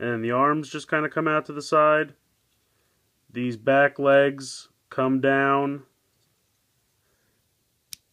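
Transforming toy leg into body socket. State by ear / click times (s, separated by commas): seated / 7.9 s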